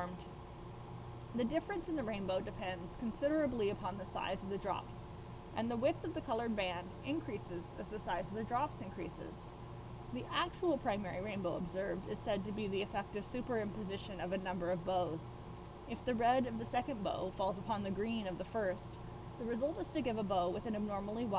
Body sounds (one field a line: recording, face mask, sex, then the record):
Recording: reading aloud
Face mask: surgical mask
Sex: female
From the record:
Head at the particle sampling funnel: not facing it